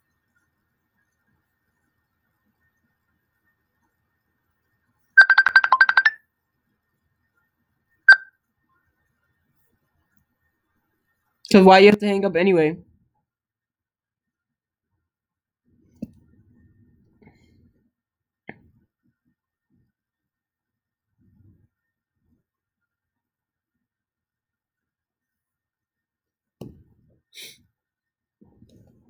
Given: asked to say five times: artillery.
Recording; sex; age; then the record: repeated word; female; 30 to 39 years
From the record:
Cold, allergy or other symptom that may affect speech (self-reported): no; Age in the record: 39 years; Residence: Michigan, United States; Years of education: 14